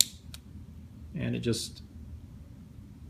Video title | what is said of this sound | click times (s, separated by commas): A Review of the Orzly InvisiCase for Apple Watch | And it just snaps in place. | 0.0 s